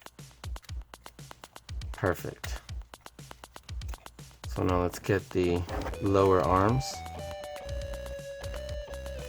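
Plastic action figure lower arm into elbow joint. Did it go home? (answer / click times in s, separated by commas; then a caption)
no / none. A plastic lower arm of a 2020 Marvel Legends action figure is pushed toward its elbow joint while rhythmic music with sharp beats plays and someone talks. It fails to snap in; nothing has seated or clicked yet, and the arm is then popped back out to retry.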